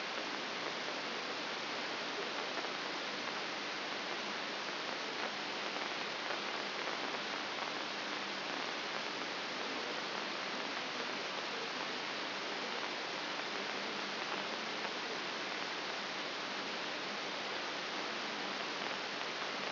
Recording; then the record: brain microelectrode recording played as sound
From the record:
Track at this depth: inside the subthalamic nucleus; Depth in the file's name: 3.502 mm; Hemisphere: left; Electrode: 3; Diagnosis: Parkinson's disease